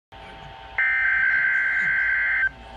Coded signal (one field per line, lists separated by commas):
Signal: Emergency Alert System (SAME) tones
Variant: header bursts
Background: speech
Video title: REQUIRED WEEKLY TEST (REAL EAS#34)